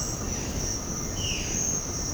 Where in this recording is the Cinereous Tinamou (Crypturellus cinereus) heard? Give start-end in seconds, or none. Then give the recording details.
none. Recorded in secondary vegetation near Puerto Asís, Putumayo, Colombia, on 13 March 2025 at 07:00. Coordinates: 0.481, -76.318. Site G097